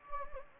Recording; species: mosquito wingbeat signal from an infrared sensor; Anopheles gambiae